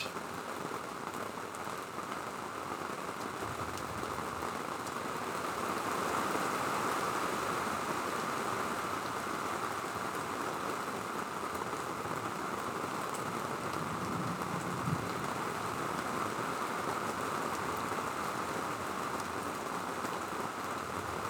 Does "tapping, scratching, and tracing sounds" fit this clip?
no